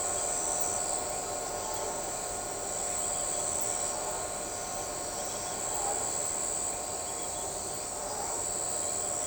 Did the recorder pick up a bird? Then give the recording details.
no. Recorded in shrubland near Pivijay, Magdalena, Colombia, on 13 April 2023 at 23:30. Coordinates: 10.453, -74.365. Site P5-G022